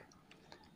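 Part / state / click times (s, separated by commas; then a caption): RAM module into laptop SO-DIMM slot / seated / 0.3 s, 0.5 s. A SO-DIMM RAM memory stick is pressed down hard into the memory slot of a Dell Inspiron 5000 laptop until the metal side latches snap over it. Short, sharp ticks sound over a quiet background, with the latch clicks at 0.3 s and 0.5 s. The module is seated, set perfectly.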